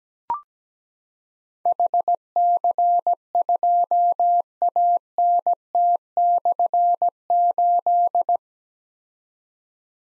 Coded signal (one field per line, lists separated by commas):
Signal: Morse code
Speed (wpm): 17 wpm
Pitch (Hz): 700 Hz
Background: none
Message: HC2ANT/8